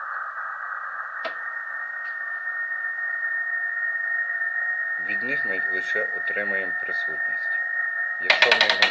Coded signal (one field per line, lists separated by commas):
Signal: FT8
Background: speech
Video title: Home made simple antenna tuner HF / Саморобний антенний тюнер КХ